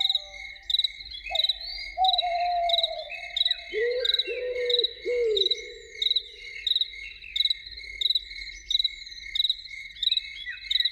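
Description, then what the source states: Loon calls: a steady held note, then a longer gliding one, then short wavering notes, all beneath a constant, rhythmic chirping of crickets. Evening.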